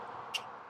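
Against a steady background hiss, a cargo area floor cover on a 2021–2022 UX hybrid is pressed into its storage frame and gives a short, sharp second click at 0.4 s. The cover is now fully seated.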